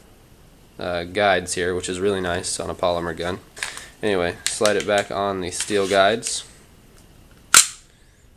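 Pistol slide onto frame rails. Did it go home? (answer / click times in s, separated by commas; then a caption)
yes / 7.6 s. Someone talks while the slide of a Springfield XDm 3.8 Compact polymer-framed pistol in .40 S&W is run back onto the steel frame guides during reassembly. After a quiet pause, a single sharp, loud metallic hit rings out at 7.6 s as the slide locks into position on the frame.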